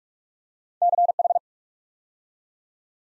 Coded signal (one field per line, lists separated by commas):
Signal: Morse code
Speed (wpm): 44 wpm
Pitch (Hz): 700 Hz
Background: none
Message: CH